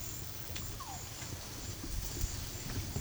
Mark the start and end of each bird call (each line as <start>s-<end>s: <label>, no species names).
0.74s-1.00s: bird call